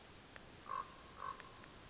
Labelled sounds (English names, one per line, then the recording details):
Common Raven
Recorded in Sonoma County, California